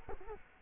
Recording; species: mosquito wingbeat signal from an infrared sensor; Culex quinquefasciatus